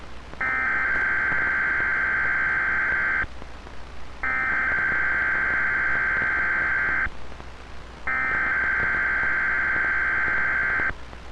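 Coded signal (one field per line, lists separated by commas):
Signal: Emergency Alert System (SAME) tones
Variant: header bursts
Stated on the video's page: Winter Storm and Blizzard Warnings broadcast on Weatheradio Canada, transmitter at Saskatoon, 162.550 MHz.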